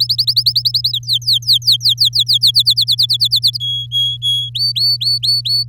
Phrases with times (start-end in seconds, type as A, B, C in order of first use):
0.00-0.92 A, 0.93-2.52 B, 2.54-3.58 C, 3.60-4.50 D, 4.55-5.64 E